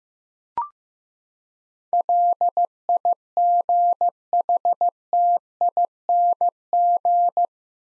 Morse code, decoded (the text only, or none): LIGHTING